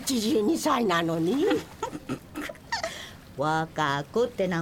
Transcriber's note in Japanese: 笑って